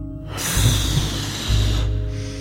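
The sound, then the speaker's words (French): A loud, rushing inhale through the nose, followed by a steady breathy gust of air blown out through the mouth, with no voices, lasting about two seconds. “Ballon Neuf prit alors une grande inspiration sonore par le nez.”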